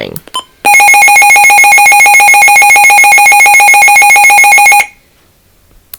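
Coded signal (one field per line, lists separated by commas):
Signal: none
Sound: weather radio alert beeps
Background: speech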